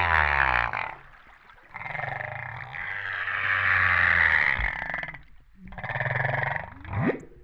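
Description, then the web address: Humpback whale calls: long harmonic moans and buzzy pulsed tones, ending with a quick rising sweep. Recorded at Réunion on 13 September 2011, about 08:35. "autres sons cetaces BB Reunion 13-09-2011"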